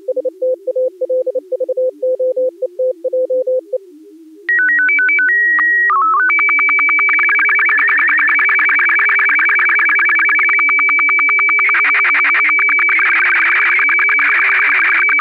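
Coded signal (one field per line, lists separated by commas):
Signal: SSTV (slow-scan television)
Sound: stepping beeps, long 1.9 kHz tone, quick low chirps, then steady warbling scan with ticks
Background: earlier low tone keying, hum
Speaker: nu eerst de mosse dan de ssv en dan een automatische opens schakelt test voor fel digi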